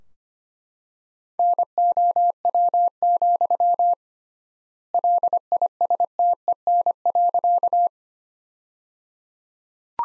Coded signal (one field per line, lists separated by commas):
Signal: Morse code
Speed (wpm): 25 wpm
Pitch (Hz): 700 Hz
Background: none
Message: NOW, LISTEN.